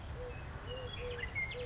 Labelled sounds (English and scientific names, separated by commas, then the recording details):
Eurasian Collared Dove (Streptopelia decaocto)
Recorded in Sonoma County, California